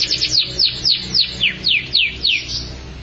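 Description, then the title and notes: Canary singing a series of sharp, high downslurred whistles, roughly three each second after a quick opening flurry, over low background noise. "Suara Burung Kenari"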